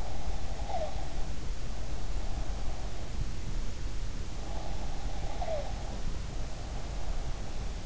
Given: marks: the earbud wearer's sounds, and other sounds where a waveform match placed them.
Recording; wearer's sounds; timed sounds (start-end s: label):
sounds in sleep by an in-ear microphone; breath
0.00-1.33 s: breath
4.52-6.00 s: breath